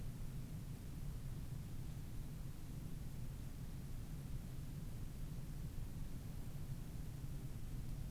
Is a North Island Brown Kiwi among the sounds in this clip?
no